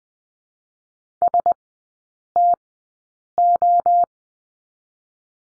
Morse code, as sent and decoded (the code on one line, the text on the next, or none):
... / - / ---
S T O